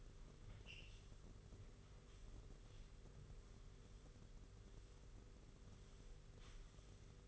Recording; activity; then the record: daily activity, microphone in the room; sweep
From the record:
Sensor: 4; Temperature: 27.3 degrees Celsius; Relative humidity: 40.1%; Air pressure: 991.3 hPa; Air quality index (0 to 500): 158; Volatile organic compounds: 127 ppm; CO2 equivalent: 3911 ppm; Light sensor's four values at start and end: 24/79/29/30 and 24/79/29/30